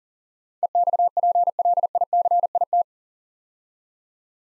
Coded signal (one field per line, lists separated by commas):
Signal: Morse code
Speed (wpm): 37 wpm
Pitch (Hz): 700 Hz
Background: none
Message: EXPLICIT